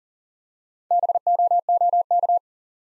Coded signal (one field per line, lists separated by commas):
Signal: Morse code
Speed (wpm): 42 wpm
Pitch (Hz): 700 Hz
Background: none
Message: BOOK